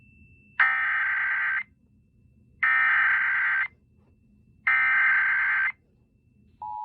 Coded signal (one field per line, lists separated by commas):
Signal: Emergency Alert System (SAME) tones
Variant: header bursts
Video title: Pity Party - My Submission to the 2023 Fall Brawl Competition - An EAS scenario